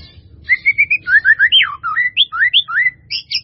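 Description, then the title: White-rumped Shama song: a fast run of clear slurred whistles, rising and falling, ending in higher sharp notes, with a faint low hum. "murai batu"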